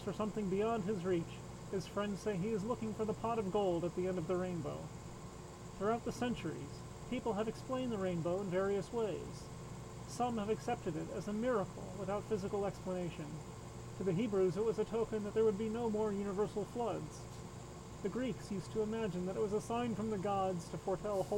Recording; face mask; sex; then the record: reading aloud; surgical mask; male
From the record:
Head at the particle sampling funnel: turned sideways, cheek in front of it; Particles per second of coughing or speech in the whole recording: 0.0482